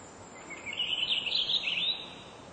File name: Purple Finch